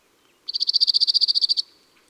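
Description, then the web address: Cirl bunting song: one level, metallic rattle of many fast identical high notes lasting a little over a second, then silence. Song recorded in April. "Avril Le Bruant zizi. album les-4-saisons-des-chants-doiseaux"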